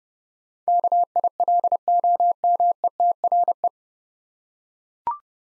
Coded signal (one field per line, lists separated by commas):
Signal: Morse code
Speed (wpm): 30 wpm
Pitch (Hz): 700 Hz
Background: none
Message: KILOMETRE